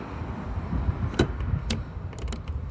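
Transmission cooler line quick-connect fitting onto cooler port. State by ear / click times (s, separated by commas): seated / 1.7 s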